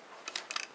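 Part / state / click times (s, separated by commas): figure shoulder into its locking position on the torso / seated / 0.4 s, 0.6 s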